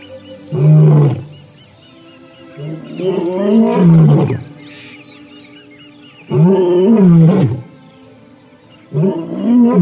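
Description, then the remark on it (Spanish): At dawn on the African savanna, lions roar in four long, deep bursts separated by short pauses, each one a loud, rumbling, harmonic call with no voices or other sounds in between. “Esta es la mejor hora para que los leones transmitan su mensaje.”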